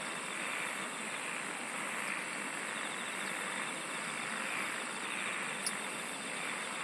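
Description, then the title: Insect song, a thick, even chorus of rapid pulsed trills and rhythmic buzzing, with a single short click near the end. "SINGING OF INSECTS"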